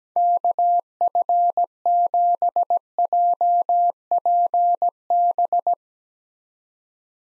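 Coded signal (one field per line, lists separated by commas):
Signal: Morse code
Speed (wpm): 17 wpm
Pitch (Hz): 700 Hz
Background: none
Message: KF7JPB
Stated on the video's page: Morse practice of 6-character US call signs at 17 wpm, each sent, then spoken, then sent again, for head-copy.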